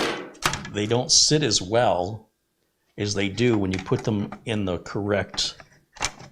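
Someone talks while handling the decorative side panel of an NUC 9i5QNX mini PC case, refitting it on its correct side. Brief handling knocks are heard near 0.5 s and 6.1 s between stretches of speech. The clip ends before the panel goes home, and nothing has seated or clicked yet.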